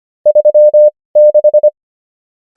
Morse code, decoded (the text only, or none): 36